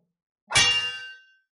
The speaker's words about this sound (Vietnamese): Mũi tên màu đen đánh lên thánh kiếm, phát ra tiếng nổ rung trời, dư chấn vẫn còn có khí thế bẻ gãy nghiền nát, chặt đứt vầng trời, thập phương câu diệt.